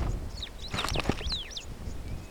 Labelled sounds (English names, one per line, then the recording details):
Superb Starling flight call
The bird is a female
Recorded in Kenya on 12 June 2010
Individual 85, of group SRB1